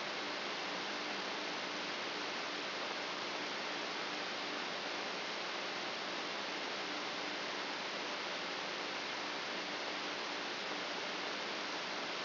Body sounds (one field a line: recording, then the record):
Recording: brain microelectrode recording played as sound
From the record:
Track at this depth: inside the subthalamic nucleus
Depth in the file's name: 2.834 mm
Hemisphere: left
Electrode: 3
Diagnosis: Parkinson's disease